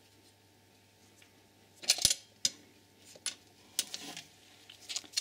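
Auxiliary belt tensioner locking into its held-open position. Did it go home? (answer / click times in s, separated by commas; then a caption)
yes / 2.4 s. The auxiliary belt tensioner on a 2.0 TDI engine in an Audi A6 C6 is levered to maximum extension and locked in place with a pin through the back. Metallic clatters around 1.9 and 2.1 seconds lead up to a sharp metallic hit at 2.5 seconds as the tensioner locks into its held-open position, followed by lighter taps near 3.8, 5.0 and 5.2 seconds. The tensioner is confirmed locked.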